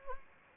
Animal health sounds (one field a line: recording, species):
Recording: mosquito wingbeat signal from an infrared sensor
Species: Anopheles arabiensis